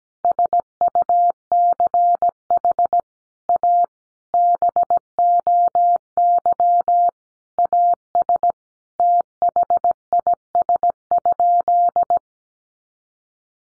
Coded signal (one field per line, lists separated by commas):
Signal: Morse code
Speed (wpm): 17 wpm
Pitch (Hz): 700 Hz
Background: none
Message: SUCH A BOY AS THIS?